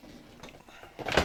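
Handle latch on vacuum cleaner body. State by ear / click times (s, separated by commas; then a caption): not seated / none. The handle latch on the body of an old metal Vorwerk Kobold vacuum cleaner (model 111, 115, 116 or 117) is being worked by hand. A quiet rustle and a faint tap near 0.5 s lead into a louder, bright rattling clatter from about 1.0 s that peaks around 1.2 s. The clip ends with the handle being handled, and nothing has seated or locked yet.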